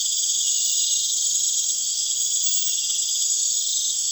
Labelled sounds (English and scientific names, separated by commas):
none